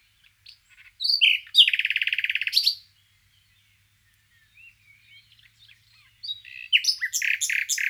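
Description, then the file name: Common nightingale song: a loud fast trill lasting over a second, a long pause with faint notes, then another burst of rapid varied phrases. "Luscinia megarhynchos"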